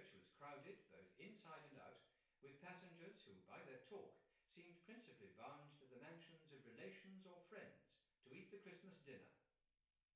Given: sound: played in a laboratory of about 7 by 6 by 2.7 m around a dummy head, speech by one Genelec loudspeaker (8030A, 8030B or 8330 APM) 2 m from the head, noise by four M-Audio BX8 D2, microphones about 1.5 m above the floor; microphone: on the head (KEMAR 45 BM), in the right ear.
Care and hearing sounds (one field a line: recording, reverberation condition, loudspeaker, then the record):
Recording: male speech in English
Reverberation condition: medium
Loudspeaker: 120 degrees to the left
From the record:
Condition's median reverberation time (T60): about 510 ms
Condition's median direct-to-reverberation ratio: about -0.5 dB